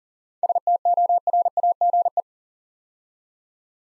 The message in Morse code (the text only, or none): STORAGE